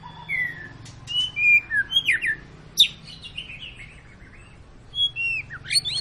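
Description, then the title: White-rumped shama song of slurred descending whistles and sharp ticks in short bursts, with a faint low hum underneath. Long song used as a lure to make other birds sing; "gacor" means a bird singing continuously. "Pancingan Murai Batu Gacor Panjang"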